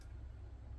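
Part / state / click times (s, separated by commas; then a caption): screw starting into a threaded nut / not seated / none. A screw that would not thread is turned backwards into a threaded nut during a home elevator installation, trying to find the start of the thread. A steady low hum runs through the whole 0.8 seconds with faint light ticking above it. Nothing has clicked or seated yet.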